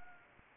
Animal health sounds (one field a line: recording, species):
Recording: mosquito wingbeat signal from an infrared sensor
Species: Anopheles arabiensis